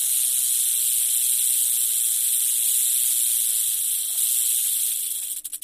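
Rattlesnake rattle as a steady, high hissing buzz that holds evenly and then breaks into slower separate pulses at the end.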